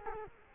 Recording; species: mosquito wingbeat signal from an infrared sensor; Culex quinquefasciatus